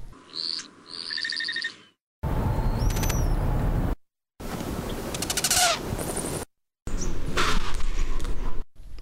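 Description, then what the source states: Hummingbird dive sounds in four segments separated by silences, with high whistled tones, sliding notes and buzzy sputtering pulses, each segment a different pattern. Courtship dive sounds of four hummingbird species made with tail and wing feathers, one with a vocalization; first is black-chinned hummingbird; males display repeatedly to females.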